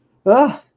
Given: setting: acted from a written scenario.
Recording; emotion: vocal sound without words; negative surprise